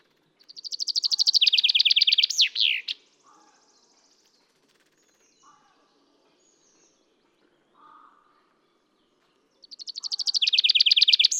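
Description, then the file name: Common chaffinch gives a full descending trill with a final flourish. A few soft, low chirps follow during a pause, then the song starts again. "Fringilla coelebs"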